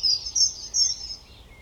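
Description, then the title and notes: European robin giving thin, very high sibilant notes in three quick pulses, fading at the end. Koniówka, Lesser Poland, Poland; Zoom F3 recorder with Usi Pro drop rig. "Koniówka, województwo małopolskie, Polska - Robin, King of the Petland. Recordist: Maciej Wirmański"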